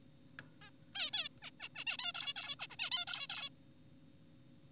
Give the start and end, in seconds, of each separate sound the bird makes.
0.62-0.70, 0.95-1.11, 1.13-1.28, 1.42-1.51, 1.60-1.68, 1.76-1.84, 1.87-1.97, 1.99-2.12, 2.15-2.34, 2.36-2.56, 2.60-2.67, 2.70-2.76, 2.79-2.90, 2.92-3.05, 3.08-3.27, 3.30-3.50